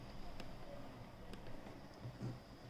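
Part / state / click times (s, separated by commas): press-on case back into watch case / not seated / none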